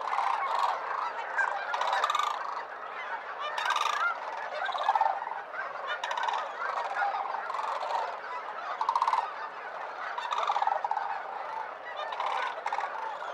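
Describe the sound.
Sandhill cranes giving loud rolling, rattling calls, several overlapping and repeated throughout in harsh bursts.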